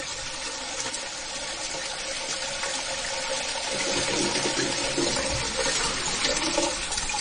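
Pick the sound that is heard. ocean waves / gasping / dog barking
ocean waves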